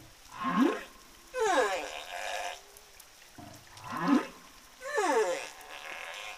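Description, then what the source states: Humpback whale song phrase: paired swooping calls, a low rising moan then a descending harmonic cry, repeated about every three and a half seconds. Southern Indian Ocean humpback whales; the source reports they sing different tunes.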